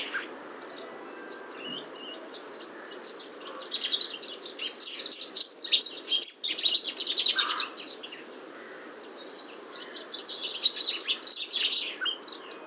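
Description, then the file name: Common chaffinch chatter: two long spells of rapid overlapping high chirps separated by a quiet gap, over a faint steady background hiss. "Fringilla coelebs"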